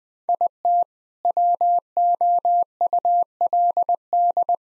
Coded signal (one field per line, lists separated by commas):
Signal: Morse code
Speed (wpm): 19 wpm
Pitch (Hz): 700 Hz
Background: none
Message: IT WOULD